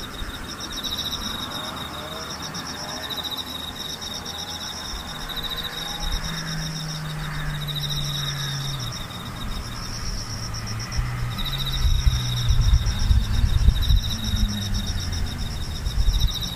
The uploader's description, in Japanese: ムシ